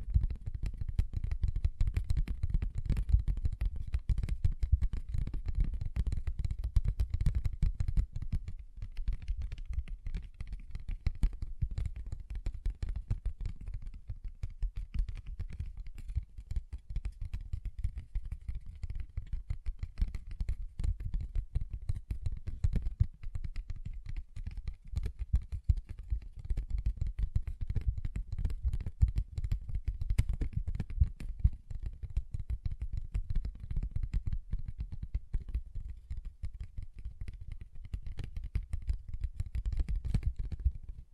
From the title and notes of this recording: ASMR Paper Bag Tapping and Scratching Sounds (No Talking).